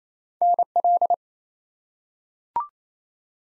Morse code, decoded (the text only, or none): NL